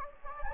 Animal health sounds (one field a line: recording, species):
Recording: mosquito wingbeat signal from an infrared sensor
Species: Anopheles gambiae